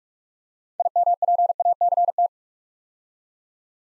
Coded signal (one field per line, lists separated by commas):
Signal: Morse code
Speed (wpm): 44 wpm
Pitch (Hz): 700 Hz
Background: none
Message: IMPACT